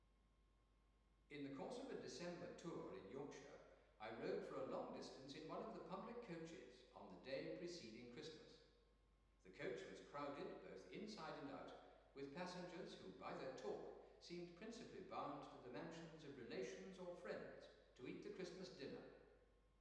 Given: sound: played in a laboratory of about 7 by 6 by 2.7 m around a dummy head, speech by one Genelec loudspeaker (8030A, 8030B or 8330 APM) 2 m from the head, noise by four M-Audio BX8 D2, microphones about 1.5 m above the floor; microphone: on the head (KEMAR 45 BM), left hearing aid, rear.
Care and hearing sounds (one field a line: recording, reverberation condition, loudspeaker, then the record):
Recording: male speech in English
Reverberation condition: high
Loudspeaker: 30 degrees to the left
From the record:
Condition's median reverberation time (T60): about 1300 ms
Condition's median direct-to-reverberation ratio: about -4.0 dB